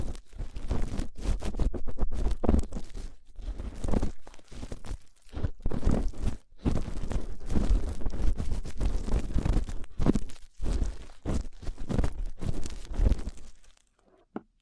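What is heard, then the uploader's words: Rough ear cleaning gives dense, crackling rubs and scratches in bursts with short gaps, low and loud throughout, ending abruptly in silence. ASMR Rough Ear Cleaning (No Talking).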